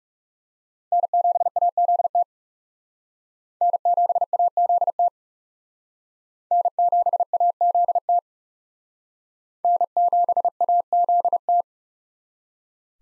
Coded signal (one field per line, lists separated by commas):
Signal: Morse code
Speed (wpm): 37 wpm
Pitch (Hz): 700 Hz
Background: none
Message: N7AZT N7AZT N7AZT N7AZT